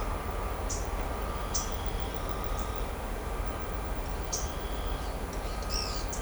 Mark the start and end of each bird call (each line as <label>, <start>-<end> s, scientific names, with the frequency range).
Atalotriccus pilaris (3.6-10.1 kHz), 0.68-0.82 s
Atalotriccus pilaris (3.8-8.9 kHz), 1.53-1.71 s
Atalotriccus pilaris (3.3-9.4 kHz), 4.28-4.52 s
Atalotriccus pilaris (2.0-9.4 kHz), 5.30-6.05 s